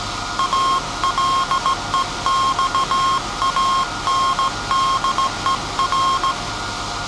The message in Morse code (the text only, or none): ALEXANDER